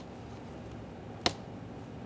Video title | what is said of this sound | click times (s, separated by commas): How to Replace Front Window Motors 2009-2014 Nissan Maxima | Once you slide in the outer portion, lock it in by pressing in on the center. | 1.3 s